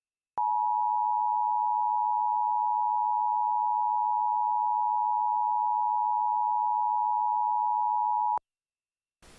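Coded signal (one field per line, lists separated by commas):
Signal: Emergency Alert System (SAME) tones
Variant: 853 and 960 Hz attention tone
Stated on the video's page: Mock EAS alert, a fan-made simulation rather than a real broadcast.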